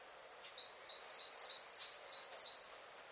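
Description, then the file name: Great tit song: seven bright two-note phrases, a higher note followed by a lower one, repeated about three times per second. "Parus major"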